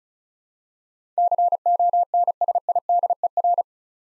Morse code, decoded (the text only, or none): CONSIDER